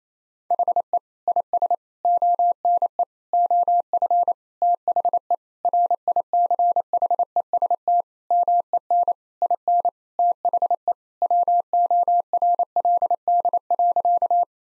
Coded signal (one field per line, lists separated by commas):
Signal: Morse code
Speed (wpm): 28 wpm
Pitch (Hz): 700 Hz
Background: none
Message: HE IS ONE OF THE RICHEST MEN IN THE WORLD.